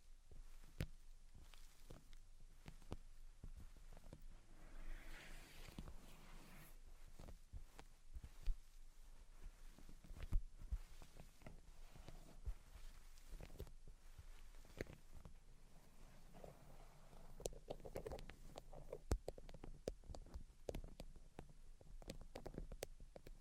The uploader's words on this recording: Tapping, Scratching, and Tracing Sounds. (No Talking).